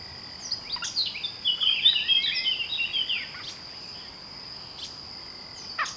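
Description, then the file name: Eurasian blackcap warbling song, a fast jumble of scratchy and clearer notes lasting about three seconds, over a steady high insect-like hum and faint ticks. "Sylvia atricapilla"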